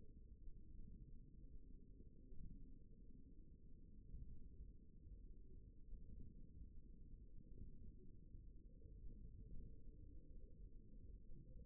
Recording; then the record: forearm muscle sounds (acoustic myography)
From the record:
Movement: index flexion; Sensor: system 1, eight BSWA MPA416 microphones around the upper forearm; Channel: 1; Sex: male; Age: 54 years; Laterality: right